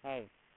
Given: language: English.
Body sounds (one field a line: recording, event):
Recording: throat vibration sensor signal played as sound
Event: speech